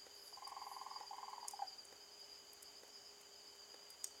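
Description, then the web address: Frog giving a short, fast pulsed trill lasting about a second, then one brief note, against a steady background hiss and faint tones. Recorded 16 March 2021 at night, about 20:17. "Frog Listen"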